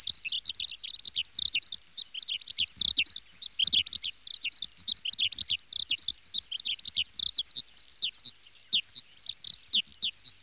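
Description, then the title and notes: Small birds chirping in a steady, dense chatter of quick high notes throughout. Small birds, from an NHK sound effects collection. "NHK効果音集 波・川・小鳥"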